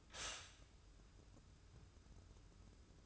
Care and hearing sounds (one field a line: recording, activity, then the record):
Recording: daily activity, microphone in the room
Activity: stop toaster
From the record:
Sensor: 2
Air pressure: 994.4 hPa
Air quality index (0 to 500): 203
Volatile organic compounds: 1000 ppm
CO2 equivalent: 6697 ppm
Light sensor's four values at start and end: 129/306/130/135 and 129/306/130/135